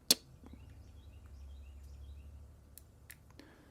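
A memory card is pushed by fingernail into the card slot of an Insta360 One X 360 camera, held steady with the fingers on a second try. A sharp click at 0.1 s is followed by faint, quieter ticks. The card is seated in the slot.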